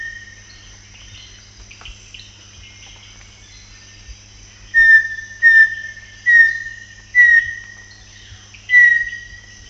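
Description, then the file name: Bartlett's tinamou song: after a quiet start, five clear, slightly down-slurred whistles on one pitch, spaced roughly a second apart, over a faint steady low hum. "Joseph Tobias and Nathalie Seddon - Bartlett's Tinamou (Crypturellus bartletti)"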